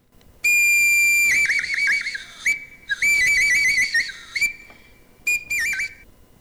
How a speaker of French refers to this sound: Alors, il y a également un autre son d'instrument, c'est ce qu'on a de choses qui ont été retrouvées dans les grottes, c'est un sifflet en os de cygne.